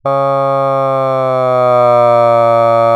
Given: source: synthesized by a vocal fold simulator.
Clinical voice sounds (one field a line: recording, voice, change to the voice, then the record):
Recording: sustained vowel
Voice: male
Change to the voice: asymmetry, level 8 of 51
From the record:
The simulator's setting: 1.70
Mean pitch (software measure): 127 Hz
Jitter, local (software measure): 0.18%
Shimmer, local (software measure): 1.1%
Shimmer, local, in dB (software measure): 0.10 dB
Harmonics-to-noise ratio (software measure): 34.3 dB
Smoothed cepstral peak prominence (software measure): 25.1 dB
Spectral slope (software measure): -16.8 dB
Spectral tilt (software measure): -12.3 dB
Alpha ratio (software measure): -7.2 dB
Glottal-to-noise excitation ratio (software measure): 0.980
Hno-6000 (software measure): 2.5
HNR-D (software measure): 30.6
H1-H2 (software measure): 4.3 dB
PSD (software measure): 5.3e-04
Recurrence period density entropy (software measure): 0.112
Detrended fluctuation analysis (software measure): 0.0546